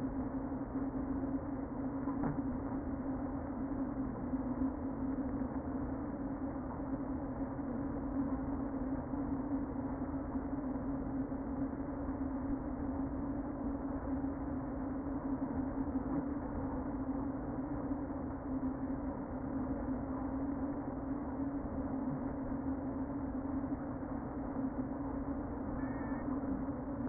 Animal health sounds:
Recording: honeybee colony, microphone inside the hive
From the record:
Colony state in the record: queen present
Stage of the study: before two queens were removed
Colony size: about 60,000 bees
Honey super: yes

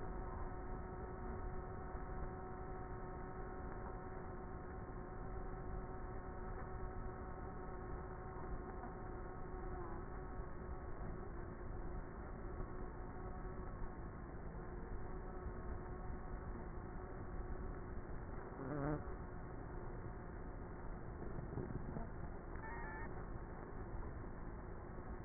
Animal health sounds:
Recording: honeybee colony, microphone inside the hive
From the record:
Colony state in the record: queenless with a low population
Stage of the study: before two queens were removed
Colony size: about 30,000 bees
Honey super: no

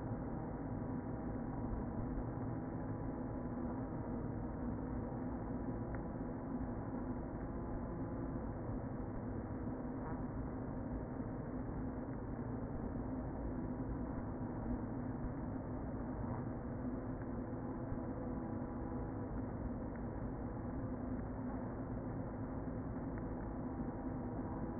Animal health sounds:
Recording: honeybee colony, microphone inside the hive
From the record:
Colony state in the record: queen present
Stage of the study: before two queens were removed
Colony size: about 60,000 bees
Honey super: yes

